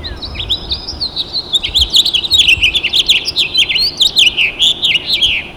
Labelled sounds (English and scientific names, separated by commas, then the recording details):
House Finch (Haemorhous mexicanus) song
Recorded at Freeport on Long Island, New York, on 28 May 2013
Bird A